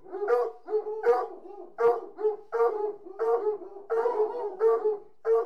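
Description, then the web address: Hunting hounds in a steady chorus of whines and yelps, calls overlapping with barely a pause, pitched and tonal throughout. A pack of about 60 hunting hounds whining. "BBC Sound Effects Library. Hunting Hounds"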